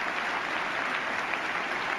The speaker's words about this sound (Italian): Beh, questo applauso è un applauso che il Congresso ha dedicato a Giulio Andreotti quando nel 1990 venne a parlare al Congresso americano riunito in seduta plenaria.